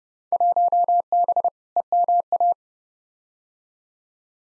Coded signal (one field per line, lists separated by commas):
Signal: Morse code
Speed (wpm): 29 wpm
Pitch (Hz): 700 Hz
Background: none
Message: 1B EMA